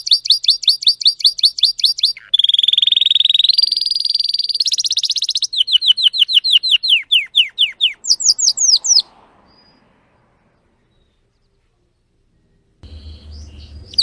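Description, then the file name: Canary (Spanish Timbrado): canary song of fast chopped trills and a smooth rolling tour, followed by a few seconds of silence and a brief low rumble at the end. Domestic canary singing, described as Belgian Spanish Timbrado. "canto do canario belga timbrado espanhol"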